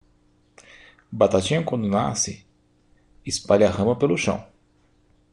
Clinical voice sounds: short text; Brazilian Portuguese; male; 30 to 39 years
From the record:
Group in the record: control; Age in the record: 37 years

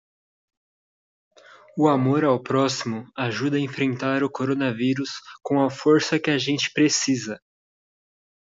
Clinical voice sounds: spoken sentence; Brazilian Portuguese; male; 20 to 29 years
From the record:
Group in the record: control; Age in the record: 22 years

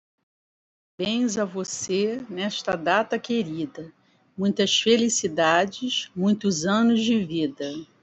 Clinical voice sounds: short text; Brazilian Portuguese; female; 50 to 59 years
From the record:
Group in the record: control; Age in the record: 54 years

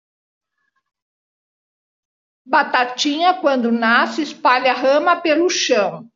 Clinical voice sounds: short text; Brazilian Portuguese; female; 50 to 59 years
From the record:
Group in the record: control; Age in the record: 58 years

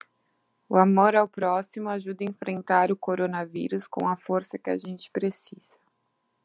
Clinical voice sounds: spoken sentence; Brazilian Portuguese; female; 30 to 39 years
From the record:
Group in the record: control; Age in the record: 31 years

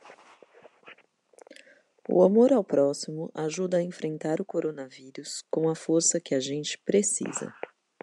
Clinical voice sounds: spoken sentence; Brazilian Portuguese; female; 40 to 49 years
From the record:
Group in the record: control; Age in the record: 47 years

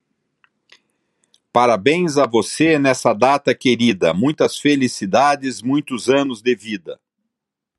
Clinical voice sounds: short text; Brazilian Portuguese; male; 60 to 69 years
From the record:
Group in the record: control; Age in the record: 65 years

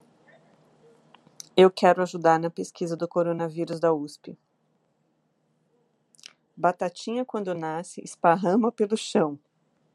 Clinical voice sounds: short text; Brazilian Portuguese; female; 40 to 49 years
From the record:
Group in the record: control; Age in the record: 43 years

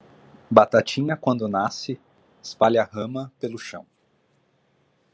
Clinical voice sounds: short text; Brazilian Portuguese; male; 30 to 39 years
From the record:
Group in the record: control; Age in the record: 31 years

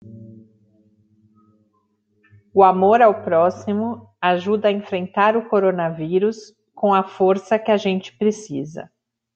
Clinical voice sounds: spoken sentence; Brazilian Portuguese; female; 40 to 49 years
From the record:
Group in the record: control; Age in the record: 43 years

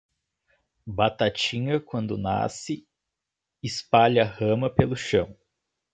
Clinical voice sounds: short text; Brazilian Portuguese; male; 20 to 29 years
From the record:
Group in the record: control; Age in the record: 23 years

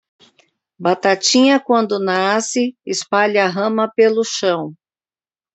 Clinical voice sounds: spoken sentence; Brazilian Portuguese; female; 40 to 49 years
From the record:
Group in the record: control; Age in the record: 49 years

